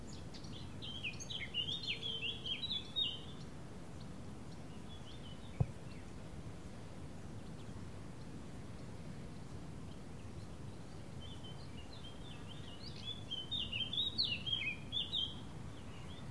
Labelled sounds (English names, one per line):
Eurasian Wren song